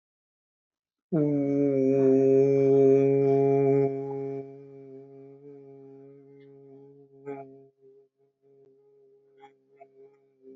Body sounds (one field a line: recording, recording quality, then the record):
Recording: sustained vowel as in boot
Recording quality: excellent, no background noise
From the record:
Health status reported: healthy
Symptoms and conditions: none ticked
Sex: male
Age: 21 years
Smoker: not ticked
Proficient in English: yes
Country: India